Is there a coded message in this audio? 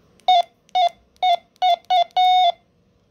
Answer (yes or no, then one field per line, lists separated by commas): no